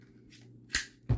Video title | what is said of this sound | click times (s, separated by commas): New offerings from Cytac | just snaps right in and there is a button under the bottom | 0.7 s